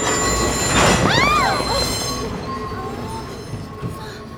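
An electric train rumbles loudly as its wheels let out rising, sweeping metallic squeals while braking hard in an emergency stop after receiving an emergency stop signal, because a train is stopped ahead at Meidaimae Station. The noise then settles into a steady low hum and faint hiss as it comes to a stop.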